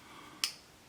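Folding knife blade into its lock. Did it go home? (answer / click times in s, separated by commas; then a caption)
yes / 0.4 s. A small folding knife blade from an SOL survival kit is swung open until its lock engages. A single sharp click at 0.4 seconds rises out of a quiet background, confirming the blade has locked open.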